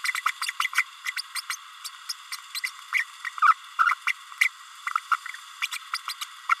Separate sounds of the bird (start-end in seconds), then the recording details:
0.03-0.13, 0.25-0.32, 0.41-0.46, 0.60-0.68, 0.75-0.83, 1.04-1.12, 1.16-1.22, 1.35-1.41, 1.49-1.56, 1.84-1.89, 2.09-2.12, 2.54-2.60, 2.63-2.70, 2.92-3.05, 3.26-3.29, 3.42-3.53, 3.79-3.94, 4.07-4.12, 4.40-4.48, 4.86-4.91, 5.11-5.17, 5.62-5.67, 5.71-5.78, 5.93-5.98, 6.08-6.14, 6.21-6.25, 6.49-6.54. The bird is a male. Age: 31 days. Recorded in a nest box in Venezuela. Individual 17B32A6